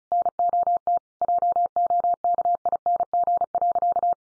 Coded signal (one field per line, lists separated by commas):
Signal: Morse code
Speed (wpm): 34 wpm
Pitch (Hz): 700 Hz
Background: none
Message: NOT JOKING.